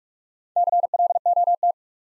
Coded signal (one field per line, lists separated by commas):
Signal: Morse code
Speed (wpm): 44 wpm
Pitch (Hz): 700 Hz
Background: none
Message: CLOT